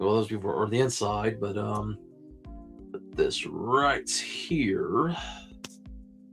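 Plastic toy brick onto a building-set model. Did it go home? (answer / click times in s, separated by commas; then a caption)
yes / 5.7 s. Someone talks over background music while placing a plastic toy brick on the outside of a building-set model and pressing it home. A sharp click at 5.7 seconds marks the brick snapping into place, and it is seated.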